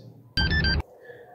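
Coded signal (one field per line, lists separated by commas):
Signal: beep code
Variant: Simple Key installer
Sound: three quick electronic beeps in a row, slightly different pitches, over low hum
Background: low hum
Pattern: 3 short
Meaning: Step completed; remove key, turn off vehicle, press button again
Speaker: wait up to 8 seconds again and listen for three quick beeps which sounds like this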